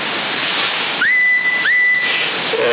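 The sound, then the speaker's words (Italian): A steady wash of radio static carries two rising whistle tones that jump up and hold a high, thin pitch, each lasting under a second, as a CB radio transmission in Sassari, November 2020, whistles through the noise. “No, vai bene, in tutti e due i modi, però si vede la differenza, da 9,5 a 9,20 fischiato.”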